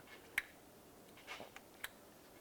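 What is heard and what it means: On a 2000-2005 Buick LeSabre, the electrical connector is pushed onto the crankshaft position sensor and snaps in with one sharp click at 0.4 s, followed by fainter ticks around 1.6 s and 1.8 s. The connector is then tugged, and it is confirmed seated and secured.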